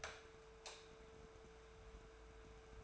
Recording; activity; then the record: daily activity, microphone in the room; light off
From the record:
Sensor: 2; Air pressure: 1014.4 hPa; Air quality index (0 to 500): 174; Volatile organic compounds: 11 ppm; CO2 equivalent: 2296 ppm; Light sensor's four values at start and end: 30/79/33/36 and 20/50/21/23